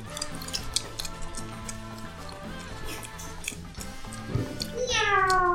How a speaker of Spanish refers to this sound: ¡Miau! ¡Miau!